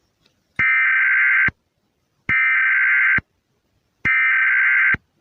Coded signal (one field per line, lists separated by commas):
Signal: Emergency Alert System (SAME) tones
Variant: header bursts